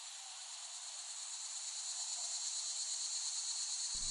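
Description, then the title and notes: Cicadas droning in a steady, high, hissing buzz that slowly swells louder, with a brief low thump at the very end. Several cicadas recorded by Dan Bodah in West Brighton, Staten Island, in late summer 2008. "Recording of cicadas made by Dan Bodah in West Brighton, Staten Island, late summer 2008."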